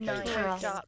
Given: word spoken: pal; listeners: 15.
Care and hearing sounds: one English word in noise, from a listening test; four-talker babble; -1.9 dB; 0 of 15; 6 of 15; 0.48 s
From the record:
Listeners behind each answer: 6, 2, 1, 1, 1, 1, 1, 1, 1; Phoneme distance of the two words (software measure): 30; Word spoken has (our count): 1 syllable, 3 phonemes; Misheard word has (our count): 1 syllable, 3 phonemes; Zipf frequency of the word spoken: 4.05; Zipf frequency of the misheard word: 5.65

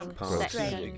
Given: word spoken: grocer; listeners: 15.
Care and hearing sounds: one English word in noise, from a listening test; four-talker babble; -2.7 dB; 0 of 15; 6 of 15; 0.58 s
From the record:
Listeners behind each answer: 6, 2, 1, 1, 1, 1, 1, 1, 1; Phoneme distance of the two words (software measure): 34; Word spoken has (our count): 2 syllables, 5 phonemes, stress on syllable 1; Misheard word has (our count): 1 syllable, 3 phonemes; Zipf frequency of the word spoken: 3.09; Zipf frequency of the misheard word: 5.14

